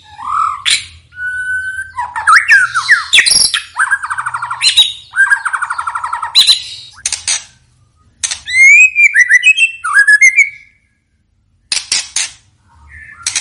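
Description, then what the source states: White-rumped shama singing a varied stream of loud fluting whistles, slurred rising notes, rattles and scratchy chatter, broken by brief silences. Vigorously singing ('gacor') bird; lure sound meant to provoke a response from other birds.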